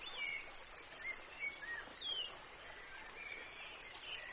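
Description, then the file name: Bird song: short thin whistles and chirps scattered throughout, a brighter note near the middle, over a steady background hiss. "Birds Singing"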